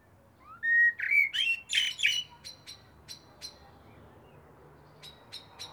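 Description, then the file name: Common blackbird song phrase, mellow whistled notes rising into a burst of scratchy high twitters, followed by a few sharp, evenly spaced high chips against faint background hiss. "Turdus merula"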